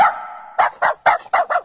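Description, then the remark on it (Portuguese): A Rottweiler in a music track lets out a drawn-out, steady growling whine, then five loud, deep barks in a quick, even rhythm, standing alone with no talking. “Super Rottweiler.”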